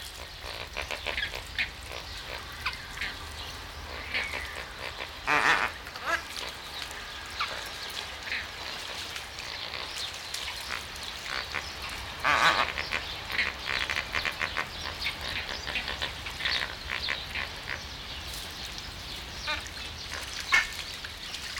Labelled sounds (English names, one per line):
Puna Ibis